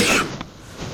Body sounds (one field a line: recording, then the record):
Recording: coughing mixed with background sound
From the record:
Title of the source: 64 coughing, allergies, singing lungs